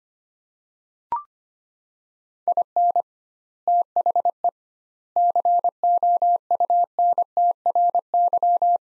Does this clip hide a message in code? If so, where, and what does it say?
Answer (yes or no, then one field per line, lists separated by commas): yes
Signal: Morse code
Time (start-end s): 2.5-8.8 s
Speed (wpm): 25 wpm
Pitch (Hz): 700 Hz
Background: none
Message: IN THE COUNTRY